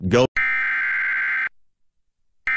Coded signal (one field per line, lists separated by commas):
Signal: Emergency Alert System (SAME) tones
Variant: header bursts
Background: speech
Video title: JKCL Grounds Nice JKCL/Grounded With EAS Severe Thunderstorm Warning